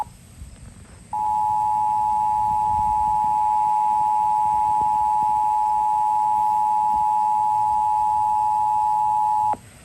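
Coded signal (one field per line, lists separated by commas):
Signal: Emergency Alert System (SAME) tones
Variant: 853 and 960 Hz attention tone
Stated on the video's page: Failed national EAS test relayed by an FM radio station, with the AT&T Wireless Emergency Alert received on a phone.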